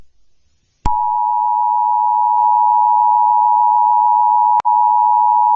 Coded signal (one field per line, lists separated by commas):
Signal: Emergency Alert System (SAME) tones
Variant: 853 and 960 Hz attention tone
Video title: EAS || The Sun Has disappeared || EAS ALARM. 🚨 ⏰ ‼️